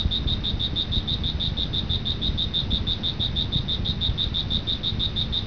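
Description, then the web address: Cricket giving continuous shrill pulsed chirps at a steady pace, with low-pitched background rumble. "特酷声音素材库 动物 昆虫 蟋蟀"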